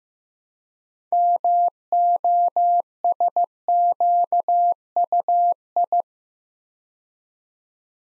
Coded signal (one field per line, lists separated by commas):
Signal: Morse code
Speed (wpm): 15 wpm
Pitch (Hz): 700 Hz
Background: none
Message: MOSQUI